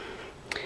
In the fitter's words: and you'll hear the little confirmation click